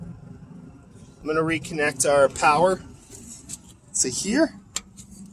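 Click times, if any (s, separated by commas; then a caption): none. Someone talks while handling the plastic power connector that goes onto the headlight bulb base of a 2005 Mercury Grand during a headlight bulb replacement. Light handling noise and a brief sharp tick near 4.8 seconds are heard. The connector's retaining clip has not clicked in yet, and nothing has seated.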